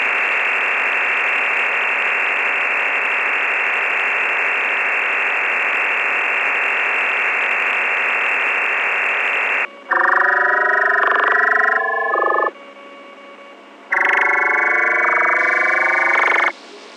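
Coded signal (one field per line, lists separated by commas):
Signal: digital SSTV (DRM)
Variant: EasyPal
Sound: ten seconds of steady band-limited hiss, then two short bursts of rapidly stepping tones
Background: FM radio hiss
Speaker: I shall send this one at 11:00 and see what happened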